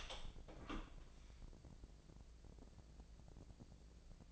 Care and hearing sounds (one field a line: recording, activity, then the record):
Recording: daily activity, microphone in the room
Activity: open door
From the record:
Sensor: 5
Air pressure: 1012.4 hPa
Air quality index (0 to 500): 158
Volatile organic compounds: 2 ppm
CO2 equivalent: 1076 ppm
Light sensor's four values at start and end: 269/654/275/302 and 274/666/280/308